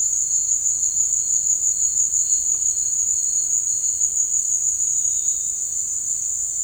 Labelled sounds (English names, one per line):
none